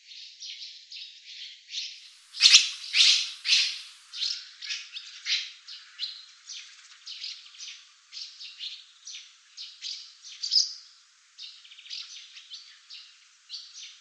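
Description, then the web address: Barn swallow twittering: a quick run of short, bright chirps and buzzy notes, roughly two per second, louder after a soft start and then softer and uneven. "cianscape birddata Deverinetal 2025"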